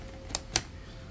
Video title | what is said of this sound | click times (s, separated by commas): [VLOG] Building an Php85K ($1700) Gaming PC for my friend's bro! | press firmly on both sides until you hear a satisfying click so let's see | 0.3 s, 0.6 s